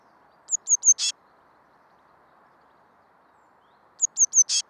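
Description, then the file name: Eurasian blue tit calling: three thin, high, falling notes followed by a short harsh buzzy note, the phrase given twice about three seconds apart. "Cyanistes caeruleus"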